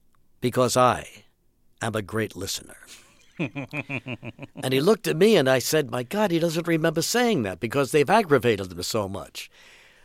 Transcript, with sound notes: because I am a great listener.
(SOUNDBITE OF LAUGHTER)
And he looked at me and I said, my god, he doesn't remember saying that because they've aggravated him so much.